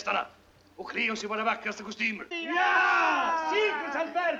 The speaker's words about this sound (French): En Amérique, là-bas, on parcourt la ville en cortège. Musique et éléphants en tête. Tous avec le sourire. À travers les acclamations de la foule, une voix forte crie le programme.